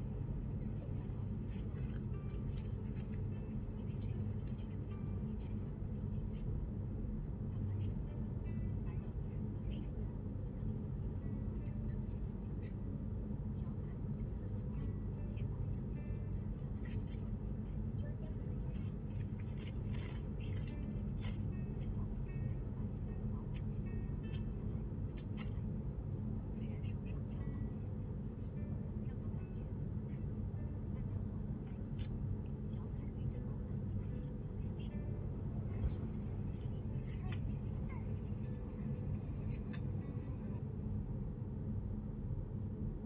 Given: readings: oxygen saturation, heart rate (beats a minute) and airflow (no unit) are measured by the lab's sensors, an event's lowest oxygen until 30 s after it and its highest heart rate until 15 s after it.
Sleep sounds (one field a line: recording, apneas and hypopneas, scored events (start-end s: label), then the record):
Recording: a person awake in a sleep study, by a smartphone at the bedside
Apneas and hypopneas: none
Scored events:
0.00-43.06 s: awake
From the record:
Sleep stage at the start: awake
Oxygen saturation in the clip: 95 to 97%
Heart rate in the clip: 71 to 75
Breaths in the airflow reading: 10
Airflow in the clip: -3.3 to 5.2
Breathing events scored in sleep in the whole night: 131 in 7.2 hours asleep